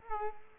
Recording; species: mosquito wingbeat signal from an infrared sensor; Culex quinquefasciatus